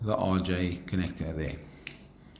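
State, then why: Seated. Someone talks while a microphone's RJ-type plastic plug is pushed into the front RJ socket of a Kirisun PT8100MB radio. The plug snaps in with a sharp click at 1.9 s, followed by a faint tick near 2.4 s. The plug is seated and fits nicely.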